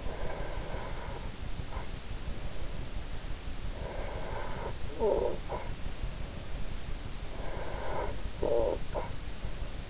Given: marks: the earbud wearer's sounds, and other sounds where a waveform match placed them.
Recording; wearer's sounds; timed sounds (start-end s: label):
sounds in sleep by an in-ear microphone; breath, snoring breath
0.00-3.48 s: breath
3.71-6.39 s: snoring breath
7.19-9.31 s: snoring breath